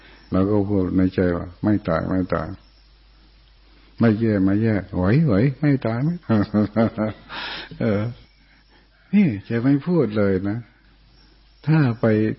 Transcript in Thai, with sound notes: เราก็พูดในใจว่าไม่ตายไม่ตายไม่แย่ไม่แย่ไหวๆไม่ตาย (หัวเราะ) นี่จะไม่พูดเลยนะถ้าไป